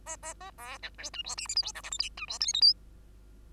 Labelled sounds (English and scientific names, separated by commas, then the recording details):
Bengalese Finch (Lonchura striata domestica) song
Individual Bird2